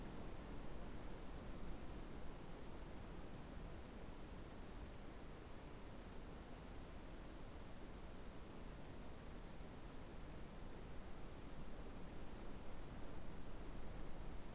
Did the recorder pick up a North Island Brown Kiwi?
no